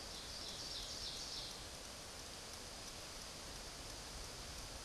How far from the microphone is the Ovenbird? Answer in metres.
about 65 m